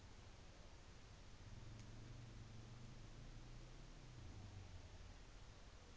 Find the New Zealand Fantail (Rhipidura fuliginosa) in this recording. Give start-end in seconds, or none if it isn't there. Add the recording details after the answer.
none. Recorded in New Zealand on 24 December 2018. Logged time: 17:45